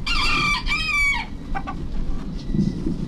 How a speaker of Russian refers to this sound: Это Петя Петушок поздоровался с нами.